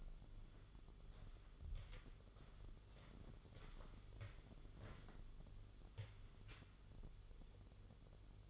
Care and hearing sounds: daily activity, microphone in the room; walk to room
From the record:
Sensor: 4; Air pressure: 1009.0 hPa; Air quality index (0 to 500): 140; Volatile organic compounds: 2 ppm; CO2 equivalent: 1014 ppm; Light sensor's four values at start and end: 14/31/12/12 and 14/30/12/12

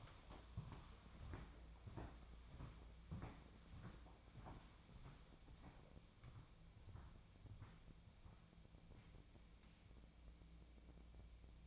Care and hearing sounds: daily activity, microphone in the room; walk to room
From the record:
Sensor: 1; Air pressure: 1000.0 hPa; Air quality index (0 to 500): 130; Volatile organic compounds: 2 ppm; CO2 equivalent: 1234 ppm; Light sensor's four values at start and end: 33/82/35/43 and 40/99/42/52

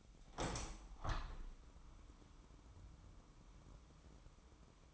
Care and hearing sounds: daily activity, microphone in the room; open window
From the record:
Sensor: 1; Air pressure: 998.0 hPa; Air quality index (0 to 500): 120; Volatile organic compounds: 3 ppm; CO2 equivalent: 1436 ppm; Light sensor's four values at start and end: 17/57/23/23 and 17/57/23/23

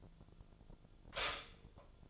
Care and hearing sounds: daily activity, microphone in the room; stop toaster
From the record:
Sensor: 5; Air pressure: 1009.3 hPa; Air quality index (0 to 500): 170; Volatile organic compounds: 4 ppm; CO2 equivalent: 1646 ppm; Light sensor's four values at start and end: 88/234/95/100 and 88/234/95/100

